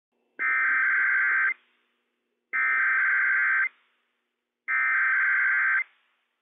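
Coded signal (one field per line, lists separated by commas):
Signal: Emergency Alert System (SAME) tones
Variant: header bursts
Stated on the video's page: Required Weekly Test issued by Franklin County Emergency Management on NOAA Weather Radio station WWF56 for Benton, Franklin and Walla Walla counties, Washington.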